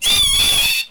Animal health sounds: pig call; piglet (1 to 25 days)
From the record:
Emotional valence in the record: negative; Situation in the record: restrain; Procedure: sham castration, fixation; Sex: male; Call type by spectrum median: high-frequency call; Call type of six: high-frequency stable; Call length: 0.91 s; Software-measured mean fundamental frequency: 137 Hz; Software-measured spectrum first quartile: 3147 Hz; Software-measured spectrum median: 4466 Hz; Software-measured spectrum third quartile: 9334 Hz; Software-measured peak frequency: 3445 Hz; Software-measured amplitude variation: 83 dB a second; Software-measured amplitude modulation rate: 18.1 a second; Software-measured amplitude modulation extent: 4.6 dB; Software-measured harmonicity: 8.1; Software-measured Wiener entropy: -2.76

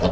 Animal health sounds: pig call; piglet (1 to 25 days)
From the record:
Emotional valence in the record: positive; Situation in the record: reunion after long isolation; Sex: male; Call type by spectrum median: low-frequency call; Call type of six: low-frequency tonal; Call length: 0.12 s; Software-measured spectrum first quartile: 176 Hz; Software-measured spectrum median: 455 Hz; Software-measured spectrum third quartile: 815 Hz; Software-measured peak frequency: 640 Hz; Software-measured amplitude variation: 89 dB a second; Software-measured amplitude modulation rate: 4.3 a second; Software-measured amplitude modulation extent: 20.9 dB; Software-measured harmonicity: -0.9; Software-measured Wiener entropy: -0.72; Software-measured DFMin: 971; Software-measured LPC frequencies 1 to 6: 586, 2903, 3630, 4190, 4936, 5476 Hz

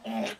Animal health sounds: pig call; piglet (1 to 25 days)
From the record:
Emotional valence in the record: negative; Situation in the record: restrain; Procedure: back test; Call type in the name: low-frequency call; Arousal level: medium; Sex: male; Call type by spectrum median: low-frequency call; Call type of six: mixed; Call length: 0.39 s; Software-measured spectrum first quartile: 351 Hz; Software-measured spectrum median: 712 Hz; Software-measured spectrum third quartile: 1890 Hz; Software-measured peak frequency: 601 Hz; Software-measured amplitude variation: 145 dB a second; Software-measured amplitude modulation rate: 12.7 a second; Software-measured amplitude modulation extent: 11.4 dB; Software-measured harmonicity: 3.0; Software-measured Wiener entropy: -1.55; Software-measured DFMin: 608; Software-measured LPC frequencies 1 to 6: 660, 1904, 2653, 3588, 5503, 6090 Hz

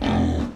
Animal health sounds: pig call; growing-finishing pig (85 days or more)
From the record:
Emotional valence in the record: negative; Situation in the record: barren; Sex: female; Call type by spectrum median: low-frequency call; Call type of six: low-frequency stable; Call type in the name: low-frequency modulated, not sure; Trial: 1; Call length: 0.55 s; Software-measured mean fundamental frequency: 44 Hz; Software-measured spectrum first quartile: 166 Hz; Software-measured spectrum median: 296 Hz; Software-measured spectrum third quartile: 830 Hz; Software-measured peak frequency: 250 Hz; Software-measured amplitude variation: 139 dB a second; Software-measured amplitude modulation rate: 30.8 a second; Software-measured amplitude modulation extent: 4.5 dB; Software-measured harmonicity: 0.4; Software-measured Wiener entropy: -1.13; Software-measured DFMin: 964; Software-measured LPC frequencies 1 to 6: 1753, 3242, 5230, 6005, 7252, 8057 Hz

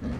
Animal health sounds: pig call; growing-finishing pig (85 days or more)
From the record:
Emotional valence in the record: negative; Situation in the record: barren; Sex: male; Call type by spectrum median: low-frequency call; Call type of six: low-frequency stable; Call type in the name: low-frequency stable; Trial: 4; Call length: 0.20 s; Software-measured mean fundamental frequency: 61 Hz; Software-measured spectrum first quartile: 117 Hz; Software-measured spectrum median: 221 Hz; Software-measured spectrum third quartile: 403 Hz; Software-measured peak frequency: 231 Hz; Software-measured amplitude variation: 78 dB a second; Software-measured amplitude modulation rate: 17.7 a second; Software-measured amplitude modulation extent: 4.4 dB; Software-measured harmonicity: -2.8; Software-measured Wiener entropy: -0.27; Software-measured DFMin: 1047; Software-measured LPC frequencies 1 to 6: 1733, 3228, 4232, 5869, 6890, 8437 Hz

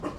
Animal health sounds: pig call; growing-finishing pig (85 days or more)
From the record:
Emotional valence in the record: positive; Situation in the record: run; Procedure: transit

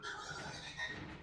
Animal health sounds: pig call; growing-finishing pig (85 days or more)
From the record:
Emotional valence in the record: positive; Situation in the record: run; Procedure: transit

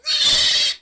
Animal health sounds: pig call; piglet (1 to 25 days)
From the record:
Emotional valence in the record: negative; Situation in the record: castration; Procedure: castration, shear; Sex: male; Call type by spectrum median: high-frequency call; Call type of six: high-frequency modulated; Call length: 0.82 s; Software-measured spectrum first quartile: 3561 Hz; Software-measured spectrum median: 4441 Hz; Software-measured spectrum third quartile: 6469 Hz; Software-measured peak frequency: 3497 Hz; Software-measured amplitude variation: 133 dB a second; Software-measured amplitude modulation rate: 16.5 a second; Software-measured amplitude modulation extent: 8.1 dB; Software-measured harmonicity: 3.4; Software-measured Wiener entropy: -1.94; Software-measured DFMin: 625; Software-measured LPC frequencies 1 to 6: 955, 1934, 3658, 4435, 5274, 7543 Hz

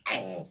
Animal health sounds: pig call; piglet (1 to 25 days)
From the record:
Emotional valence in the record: negative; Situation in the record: restrain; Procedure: back test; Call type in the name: low-frequency call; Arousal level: low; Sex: female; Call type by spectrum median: low-frequency call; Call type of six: low-frequency stable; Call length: 0.51 s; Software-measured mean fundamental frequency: 49 Hz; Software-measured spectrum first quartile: 635 Hz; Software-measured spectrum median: 1799 Hz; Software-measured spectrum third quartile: 3077 Hz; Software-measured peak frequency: 571 Hz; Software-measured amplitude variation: 180 dB a second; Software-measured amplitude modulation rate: 23.7 a second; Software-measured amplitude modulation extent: 7.6 dB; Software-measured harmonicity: 0.2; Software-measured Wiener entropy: -2.56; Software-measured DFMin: 837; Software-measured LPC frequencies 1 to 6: 684, 2265, 4894, 6135, 7467, 8345 Hz

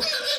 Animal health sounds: pig call; piglet (1 to 25 days)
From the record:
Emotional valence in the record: negative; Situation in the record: fighting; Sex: male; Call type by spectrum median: high-frequency call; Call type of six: high-frequency stable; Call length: 0.40 s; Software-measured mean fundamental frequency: 279 Hz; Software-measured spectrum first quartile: 1596 Hz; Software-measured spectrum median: 3577 Hz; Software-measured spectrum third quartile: 4719 Hz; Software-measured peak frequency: 4987 Hz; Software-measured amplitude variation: 107 dB a second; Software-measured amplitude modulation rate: 8.8 a second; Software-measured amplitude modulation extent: 12.2 dB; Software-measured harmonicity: 3.6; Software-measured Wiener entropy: -1.55

